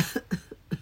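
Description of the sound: About five short, low, throaty bursts come in quick succession, roughly one every fifth of a second, breaking off an attempt to sing. The sound is a rapid run of small voiced coughs from an adult with a hoarse, raspy voice and a throat in very bad shape.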